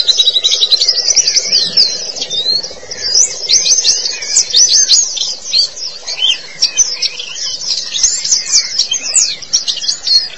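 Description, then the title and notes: White-eye song, bright rapid high twittering phrases, jumbled and lively, rising and falling in loudness throughout. "Kicauan Burung Pleci Durasi Panjang. Suara kicauan burung pleci"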